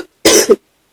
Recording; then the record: coughing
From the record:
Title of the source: 55 gaggy wet cough